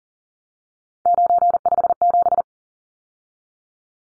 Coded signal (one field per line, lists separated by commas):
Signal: Morse code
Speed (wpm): 40 wpm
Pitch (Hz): 700 Hz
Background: none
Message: 957